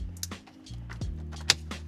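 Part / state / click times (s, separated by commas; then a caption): shifter bezel trim into center console / seated / 1.5 s. A plastic shifter bezel trim is pushed down into the center console around the shifter of a G35 automatic, with the shifter left in neutral to make fitting easier. Soft taps and rustles of handling sit over a steady low hum, then a sharp loud click at 1.5 s as the bezel seats into place.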